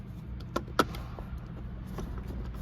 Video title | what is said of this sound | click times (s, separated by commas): Honda Accord fixtures/maintenance Part 2 | it just clips in place. | 0.8 s